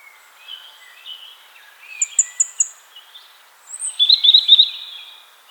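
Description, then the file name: European robin singing a brief phrase of high wavering whistles, then a rapid warbled trill near the end, quiet background. "Erithacus rubecula"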